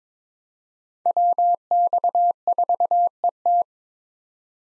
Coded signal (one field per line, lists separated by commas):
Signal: Morse code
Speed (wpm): 22 wpm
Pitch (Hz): 700 Hz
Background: none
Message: WX4ET